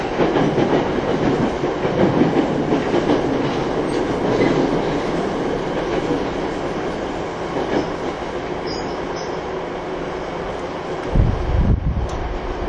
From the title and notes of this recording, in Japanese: TWR70-000形 埼京線快速01 新木場～赤羽。209系と同じオリジナルのインバータ音だった、TWR70-000形”埼京線快速”を収録したものです。収録年月:2010,06。